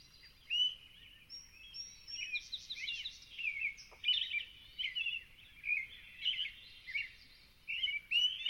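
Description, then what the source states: American Robin caroling, short rich phrases in quick succession, with higher thin notes at times. Joins the dawn chorus full-throated in still dark twilight, 0432, Long Swamp in the Okanogan mountains, 2019; crisp, clear morning.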